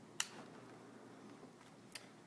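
A laptop battery is put back into its bay after the keyboard screws are tightened, snapping into place with one sharp, loud click at 0.2 s. A fainter tick follows near 2.0 s over a low background hum, and the battery is seated.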